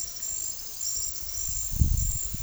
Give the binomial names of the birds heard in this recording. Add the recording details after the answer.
none. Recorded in secondary vegetation near Puerto Asís, Putumayo, Colombia, on 19 February 2024 at 09:30. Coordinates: 0.500, -76.326. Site G6428